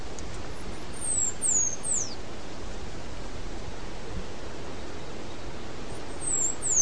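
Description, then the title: Half-collared sparrow song: high, thin whistles sliding downward, given in a brief quick series, then another series near the end, against dense low steady noise. "LuckyPassaro Completos2Sama. Half-collared Sparrow (Arremon semitorquatus)"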